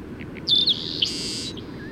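Bird song: one whistled note sliding into a long, noisy buzzing rasp, then quiet apart from a faint call and a gentle low hum.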